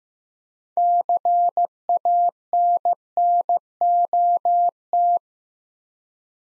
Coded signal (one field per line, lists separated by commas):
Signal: Morse code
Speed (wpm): 15 wpm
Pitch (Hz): 700 Hz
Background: none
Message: CANNOT